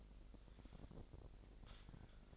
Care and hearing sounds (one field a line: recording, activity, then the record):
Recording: daily activity, microphone in the room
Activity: take from stove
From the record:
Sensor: 5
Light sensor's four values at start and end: 30/68/28/28 and 32/72/29/29